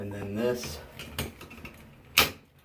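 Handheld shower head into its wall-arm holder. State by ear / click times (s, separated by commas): seated / 2.2 s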